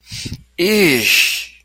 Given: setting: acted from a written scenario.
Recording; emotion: vocal sound without words; disgust